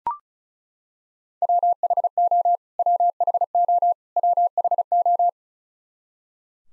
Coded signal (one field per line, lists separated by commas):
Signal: Morse code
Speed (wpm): 34 wpm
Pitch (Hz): 700 Hz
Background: none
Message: WHO WHO WHO